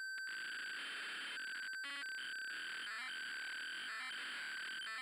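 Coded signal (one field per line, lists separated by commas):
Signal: ZX Spectrum tape loading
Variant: ZX Spectrum cassette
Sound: harsh buzzing data screech over a steady high tone, with rapid gritty chattering bursts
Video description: The noise you hear is actually the cassette tape communicating its code into the Spectrum.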